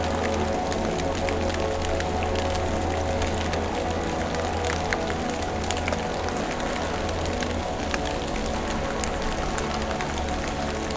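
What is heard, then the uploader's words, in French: Rainy ambience with a steady, dense hiss and scattered sharp drips and taps throughout. A constant low hum sits underneath, along with a faint murmur that may be traffic or voices. The level stays even for the whole stretch. Ambiance pluvieuse.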